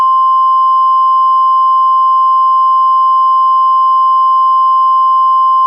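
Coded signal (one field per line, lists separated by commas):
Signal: Emergency Alert System (SAME) tones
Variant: 1050 Hz attention tone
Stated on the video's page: Mock EAS for a Flash Flood Warning.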